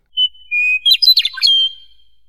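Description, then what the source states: Meadowlark song: clear, pure whistled notes, then a quick tumbling warble of bright, fluty phrases, ending in a fading whistle; no other sounds. Lance-like song thrown over the thick grasses of open prairies.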